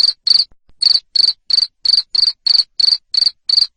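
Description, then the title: Cricket producing shrill, buzzy chirps of rapid pulses, repeated roughly three times per second, with a short pause near the start. Loud cricket chirping used to stimulate lovebirds to sing continuously (ngekek). "Suara JANGKRIK NGERIK Keras Bikin LOVEBIRD Jadi NGEKEK Terus Vubey"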